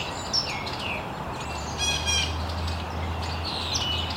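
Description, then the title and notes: Birds chirping, a few short high notes and one rapid buzzy burst midway, set against a steady low drone. Birds chirping very early in the morning in an estuary. "Birds Chirping in the Early Morning. Original sounds of birds chirping very early in the morning in an estuary"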